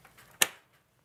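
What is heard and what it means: A graphics card is lined up and pressed into a motherboard PCIe slot. After faint low rustling, a sharp, bright click from the slot latch sounds at 0.4 s, then a short fading tail and quiet. The card is seated.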